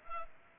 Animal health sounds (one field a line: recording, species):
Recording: mosquito wingbeat signal from an infrared sensor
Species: Culex pipiens